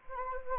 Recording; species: mosquito wingbeat signal from an infrared sensor; Anopheles gambiae